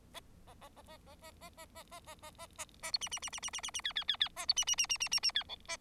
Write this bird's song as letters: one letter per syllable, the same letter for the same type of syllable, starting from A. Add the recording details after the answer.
A A A A A A A A A A A A A A A B C C C C C C C C D D D D A B C C C C C C C D E A. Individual Bird4